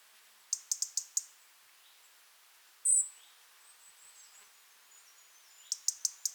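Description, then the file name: European robin calls: a rapid burst of four ticks, a single thin high note, then another fast series of four ticks. "Erithacus rubecula"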